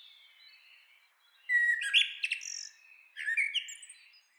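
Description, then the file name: Eurasian blackbird singing: faint birdsong, then two mellow fluted phrases, each ending in a higher squeaky twitter. "Turdus merula"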